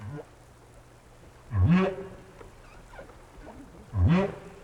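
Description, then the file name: Whale call, two deep upsweeping grunts a few seconds apart, with faint sweeps between them. "tower whales"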